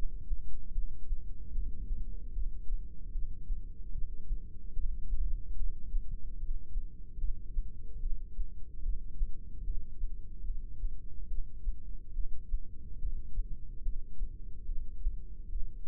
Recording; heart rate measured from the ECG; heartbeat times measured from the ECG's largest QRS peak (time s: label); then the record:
heart sounds by microphone in the right ear; 73 bpm
0.75 s: heartbeat
1.55 s: heartbeat
2.35 s: heartbeat
3.14 s: heartbeat
3.94 s: heartbeat
4.76 s: heartbeat
5.59 s: heartbeat
6.40 s: heartbeat
7.20 s: heartbeat
8.02 s: heartbeat
8.85 s: heartbeat
9.66 s: heartbeat
10.47 s: heartbeat
11.30 s: heartbeat
12.15 s: heartbeat
13.01 s: heartbeat
13.85 s: heartbeat
14.68 s: heartbeat
15.52 s: heartbeat
From the record:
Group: heart failure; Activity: rest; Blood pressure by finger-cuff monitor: 126/89 mmHg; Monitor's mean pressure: 104 mmHg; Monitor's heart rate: 74 bpm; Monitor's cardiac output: 6.6 L/min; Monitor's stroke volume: 90 mL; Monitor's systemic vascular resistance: 1150 dyn s/cm5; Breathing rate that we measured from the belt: 16 breaths a minute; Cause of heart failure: idiopathic cardiomyopathy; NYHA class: 1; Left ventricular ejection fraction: 50%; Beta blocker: bisoprolol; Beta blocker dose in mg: 5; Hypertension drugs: candesartan, spironolactone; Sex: male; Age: 54 years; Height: 180 cm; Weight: 94.6 kg